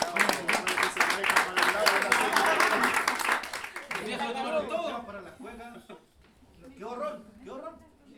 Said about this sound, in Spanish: Un aplauso para ellos.